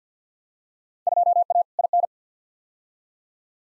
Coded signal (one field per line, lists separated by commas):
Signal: Morse code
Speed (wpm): 50 wpm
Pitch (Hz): 700 Hz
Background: none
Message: 2A IN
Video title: Field Day Exchange v2 - 50wpm